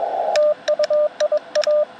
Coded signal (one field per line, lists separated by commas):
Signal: Morse code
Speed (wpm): 21 wpm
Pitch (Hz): 590 Hz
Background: radio noise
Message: TU IA